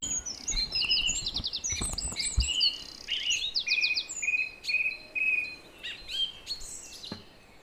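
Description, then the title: Song thrush song: bright, whistled phrases, several notes repeated in quick series, high and clear over low background noise. Recorded at 06:00 in Durenne. "Zanglijster 06h Durenne"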